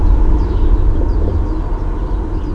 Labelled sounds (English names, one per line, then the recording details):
Common Chaffinch
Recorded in Germany
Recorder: ecoPi